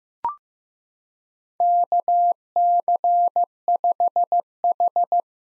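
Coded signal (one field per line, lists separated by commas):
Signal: Morse code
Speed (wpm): 15 wpm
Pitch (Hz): 700 Hz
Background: none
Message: KC5H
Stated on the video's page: Morse practice of common POTA hunter call signs at 15 wpm, each sent, spoken, then sent again for head-copy.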